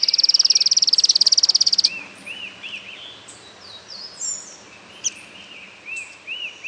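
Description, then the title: Streak-capped antwren song, the end of a high, fast, buzzy trill in the first two seconds, then other birds' arched whistles and sharp high notes. "LuckyPassaro Completos2Sama. Streak-capped Antwren (Terenura maculata)"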